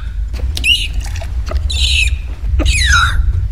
UK social media manager. She has a peculiar bout of the hiccups every single day.